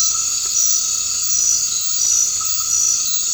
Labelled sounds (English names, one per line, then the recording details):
none
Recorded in dense forest near Puerto Asís, Putumayo, Colombia, on 24 March 2025 at 19:30
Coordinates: 0.485, -76.318
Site G056